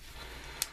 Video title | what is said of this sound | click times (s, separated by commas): Transformers review generations Skids | locks into place | 0.6 s